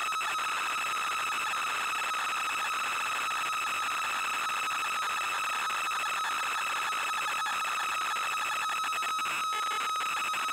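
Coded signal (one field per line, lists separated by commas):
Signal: ZX Spectrum tape loading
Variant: ZX Spectrum +2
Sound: continuous harsh buzzing data screech with rapid rasping texture and a steady whine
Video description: Loading a FLAC recording of Basil the Great Mouse Detective on a real Spectrum +2 (UK), with the wrong polarity. Loader is polarity-dependant and doesn't load.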